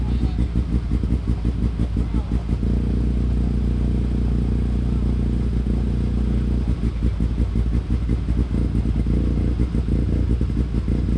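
Cars starting up, their engines running with a steady low rumble throughout. Rapid regular pulsing from the motors comes and goes, strongest early on and again after about seven seconds, with a smoother humming stretch in between. A faint voice may be mixed in.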